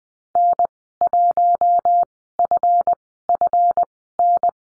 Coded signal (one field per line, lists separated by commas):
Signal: Morse code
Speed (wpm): 20 wpm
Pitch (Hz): 700 Hz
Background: none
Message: N1FFN